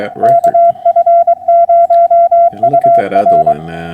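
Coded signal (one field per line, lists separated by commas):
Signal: Morse code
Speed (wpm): 22 wpm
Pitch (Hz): 680 Hz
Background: speech, radio noise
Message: KF0UR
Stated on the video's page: POTA hunting contact converted to CW, on an FT991a with a 55 ft end-fed wire antenna sloping down from 25 feet.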